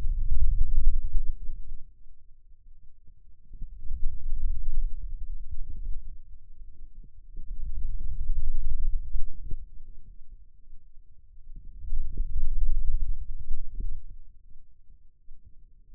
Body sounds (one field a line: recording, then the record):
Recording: forearm muscle sounds (acoustic myography)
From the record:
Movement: hand closing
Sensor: system 2, bracelet of six BSWA MPA416 microphones around the upper forearm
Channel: 1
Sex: male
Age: 22 years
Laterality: right